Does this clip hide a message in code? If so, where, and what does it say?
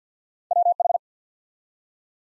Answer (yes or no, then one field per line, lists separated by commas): yes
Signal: Morse code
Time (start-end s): 0.5-1.0 s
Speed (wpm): 50 wpm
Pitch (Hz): 700 Hz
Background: none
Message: WH